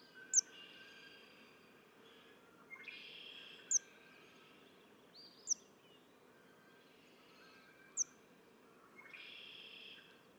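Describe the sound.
Red-winged blackbird songs, buzzy trilled phrases every few seconds, mixed with high sharp chip notes from birds.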